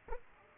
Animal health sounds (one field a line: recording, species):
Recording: mosquito wingbeat signal from an infrared sensor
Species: Aedes aegypti